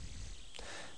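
A deep, rumbling snort from a sleeping 23-year-old woman, heard through a phone line with steady hiss. The snoring points to suspected sleep apnea, attributed to her weight, for which a sleep study and CPAP are advised.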